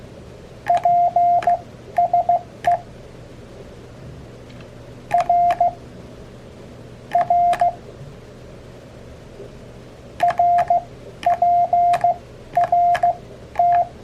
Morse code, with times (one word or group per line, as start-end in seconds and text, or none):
0.7-2.8 PSE
5.1-5.7 R
7.1-7.7 R
10.2-13.8 RPRT